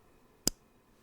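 A plastic razor blade cartridge is pushed onto a razor handle, with the handle's peg lined up with the cartridge's hole, close to the microphone. A single sharp, bright click sounds at 0.5 s against an otherwise quiet background. The cartridge seats on the handle, confirming the razor is in place.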